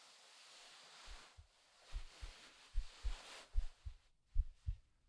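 Soft, regular paired lub-dub thumps at about 74 beats a minute, an adult heartbeat heard close to the chest.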